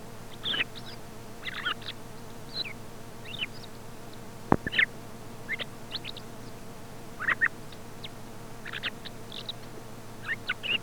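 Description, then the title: Thrush song of scattered high chirps and short squeaky phrases, with one sharp click partway through, over a low steady hum. Commercial lure recording sold in Càlig for use in parany bird trapping. "Canto Del Tordo"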